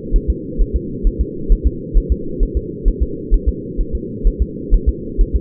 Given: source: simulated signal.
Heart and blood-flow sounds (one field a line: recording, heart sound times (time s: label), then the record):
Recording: fetal heart sounds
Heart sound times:
0.16 s: S1
0.30 s: S2
0.61 s: S1
0.76 s: S2
1.07 s: S1
1.21 s: S2
1.52 s: S1
1.67 s: S2
1.98 s: S1
2.12 s: S2
2.43 s: S1
2.57 s: S2
2.88 s: S1
3.03 s: S2
3.34 s: S1
3.48 s: S2
3.81 s: S1
3.95 s: S2
4.27 s: S1
4.42 s: S2
4.74 s: S1
4.89 s: S2
5.21 s: S1
5.36 s: S2
From the record:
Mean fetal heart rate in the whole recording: 130 bpm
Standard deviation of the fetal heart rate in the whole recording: 2 bpm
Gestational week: 38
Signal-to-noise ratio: -4.3 dB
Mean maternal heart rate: 72 bpm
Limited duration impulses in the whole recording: absent